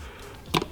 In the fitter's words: When you get to a point that's sticking out like this, you're gonna go to the front of it, push it in, make sure you hear the clip, click into place.